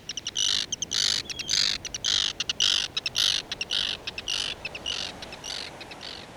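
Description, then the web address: Arctic Tern rasping, harsh calls repeated in rapid bursts, nearly two a second, with short chattering notes between, over constant background noise. "BIRD NOTE. Arctic Tern"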